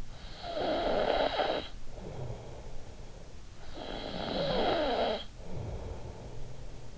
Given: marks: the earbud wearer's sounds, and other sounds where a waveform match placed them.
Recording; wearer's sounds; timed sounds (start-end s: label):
sounds in sleep by an in-ear microphone; snoring breath
0.21-3.39 s: snoring breath
3.64-6.98 s: snoring breath